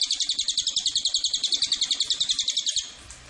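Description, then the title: Cililin calling a quick high trill of many rapid notes, which stops shortly before the end. Lure recording (pancingan) and master recording of the Cililin. "MASTERAN SUARA BURUNG CILILIN BISA JUGA PANCINGAN CILILIN"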